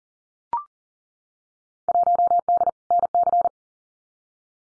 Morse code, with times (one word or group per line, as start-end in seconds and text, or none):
1.9-2.7 1D
2.9-3.5 NC